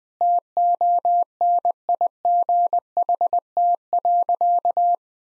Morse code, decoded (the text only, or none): TONIGHT.